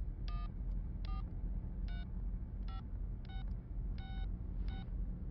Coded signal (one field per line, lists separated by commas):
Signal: DTMF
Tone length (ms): 140 ms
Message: 1435666